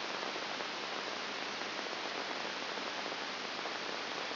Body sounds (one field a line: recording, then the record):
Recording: brain microelectrode recording played as sound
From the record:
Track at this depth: inside the subthalamic nucleus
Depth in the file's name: 0.702 mm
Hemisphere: right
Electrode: 3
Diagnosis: Parkinson's disease